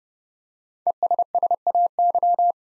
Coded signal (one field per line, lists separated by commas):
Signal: Morse code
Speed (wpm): 30 wpm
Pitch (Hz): 700 Hz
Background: none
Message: ESSAY